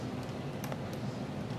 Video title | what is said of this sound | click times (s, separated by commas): Tutorial: Equipment Exam #1(Part 2) | so i put that in and use your finger to just push it until it makes it click | 0.6 s, 0.7 s